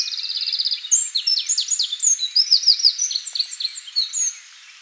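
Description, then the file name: Eurasian wren song, a fast run of high twitters, sharp chips and a rattling trill, delivered continuously for about four seconds. "Troglodytes troglodytes"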